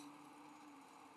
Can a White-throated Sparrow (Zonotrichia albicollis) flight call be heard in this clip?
no